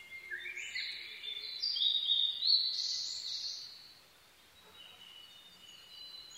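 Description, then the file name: Blue-and-white flycatcher delivering one rising, richly whistled phrase that ends in a bright flourish, then fades into quiet high notes. Recorded 22 May 2011 at 04:34. "ooruri-20110522-0434"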